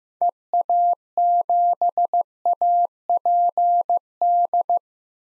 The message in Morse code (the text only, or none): EA7APD